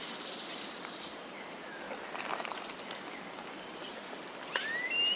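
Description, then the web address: Yellow-bellied dacnis uttering thin, very high arched notes, two close together then one later, with a steady insect drone and a faint rising whistle from another bird. Calls recorded in the eastern lowlands of South America. "Natures Songs S America Eastern Lowlands Dacnis flaviventer, calls"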